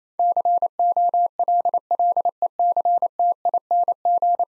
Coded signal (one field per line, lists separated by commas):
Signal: Morse code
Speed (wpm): 28 wpm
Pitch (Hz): 700 Hz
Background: none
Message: COLLECTING